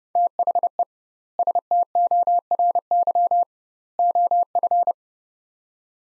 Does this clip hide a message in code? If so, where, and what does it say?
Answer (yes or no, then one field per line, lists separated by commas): yes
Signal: Morse code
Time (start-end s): 0.2-4.9 s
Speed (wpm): 30 wpm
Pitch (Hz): 700 Hz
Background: none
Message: THE STORY OF